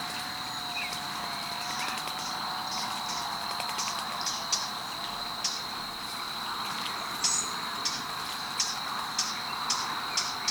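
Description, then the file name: Eurasian blackcap uttering sharp tacking clicks in loose series against a continuous shrill insect hum. "Sylvia atricapilla"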